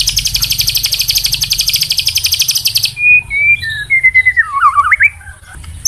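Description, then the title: White-rumped shama song: a harsh, buzzy rattling trill for three seconds, then thin, clear whistled notes that dip and rise. Training recording for caged birds to learn from. "MURAI BATU LABAIK"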